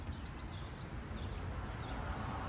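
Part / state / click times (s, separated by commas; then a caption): wiring plug into retrofit fuse block socket / not seated / none. Someone pushes a wiring plug from an E28 blade fuse retrofit kit into its fuse block socket with pliers while talking, over a steady low rumble with faint high chirps. No click is heard, and the plug has not seated.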